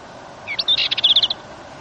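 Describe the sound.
Dartford warbler giving a brief, scratchy, high-pitched warble of rapid chattering notes lasting under a second.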